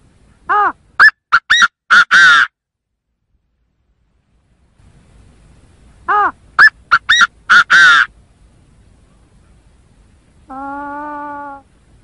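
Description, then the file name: Chinese francolin call: two harsh phrases of loud notes, the first arched, then clipped strokes ending in a broad grating note, followed by a long flat note near the end. In forest. "Tieng ga go rung"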